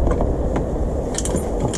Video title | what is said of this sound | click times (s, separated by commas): E-Bike Wild Camping - The Big River | Just simply clicks into place like that, and | 1.2 s